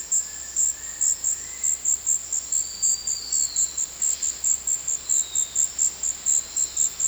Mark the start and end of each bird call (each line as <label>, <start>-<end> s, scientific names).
Attila spadiceus, 0.00-1.86 s
unidentified bird, 2.47-7.08 s